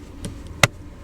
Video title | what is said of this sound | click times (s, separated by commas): Naujiena 2024 Dacia Jogger "Extreme" apžvalga: Daug mašinos už mažai pinigų | užsifiksuoja galima valgyti galima kažką piešt ir dar yra | 0.6 s